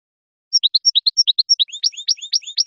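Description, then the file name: European goldfinch song: clear high twittering notes alternating in pitch, quickly becoming a denser, buzzier jangle of liquid phrases. "audio burung goldfinch"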